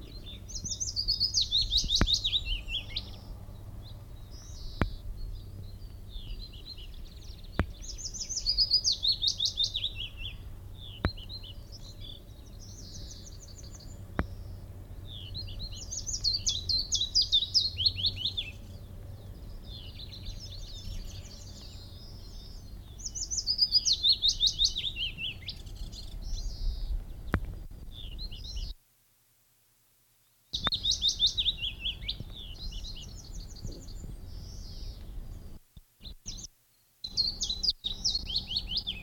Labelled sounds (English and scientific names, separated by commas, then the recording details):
Willow Warbler (Phylloscopus trochilus)
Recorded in the wild
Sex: male
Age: adult
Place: Lichtenbergerhöhe, Tübingen, Baden-Württemberg, DE
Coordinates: 48.5147, 9.03611
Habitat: meadow, forest
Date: 1963-05-11
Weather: overcast, rain
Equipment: LGS26
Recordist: Schneider, Hans-Joachim